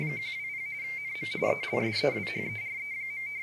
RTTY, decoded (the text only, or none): 120 NM ELSEWHERE.